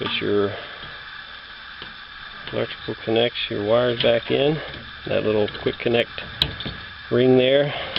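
Fan wires are being pushed back into the quick-connect ring on a replacement draft fan for an older HeatMaster furnace. Someone talks over a steady background hiss. Nothing has seated or clicked yet.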